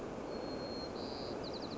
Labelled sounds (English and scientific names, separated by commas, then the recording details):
White-crowned Sparrow (Zonotrichia leucophrys)
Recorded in Sonoma County, California